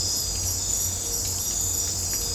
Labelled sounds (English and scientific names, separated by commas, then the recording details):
none
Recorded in dense forest near Puerto Asís, Putumayo, Colombia, on 26 December 2024 at 03:30
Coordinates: 0.503, -76.323
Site G043